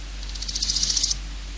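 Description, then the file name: Large gold grasshopper song: one short burst of about a dozen rapid, high, ticking pulses lasting under a second over a steady low hum. "Grosse Goldschrecke"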